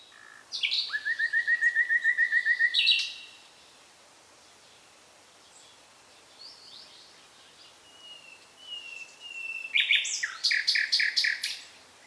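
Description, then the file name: Common nightingale song: a fast run of repeated whistled notes, a harsh buzzy flourish, a quiet pause, soft whistles, then another rapid repeated burst. "Luscinia megarhynchos"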